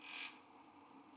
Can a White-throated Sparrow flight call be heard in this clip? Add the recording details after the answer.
no. No flight call is heard. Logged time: 09:22 on 5 December 2014